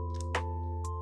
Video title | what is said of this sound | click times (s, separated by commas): Sony ZvE10 Basics Tutorial - A Beginners Guide | once you hear the click you can shut the door | 0.4 s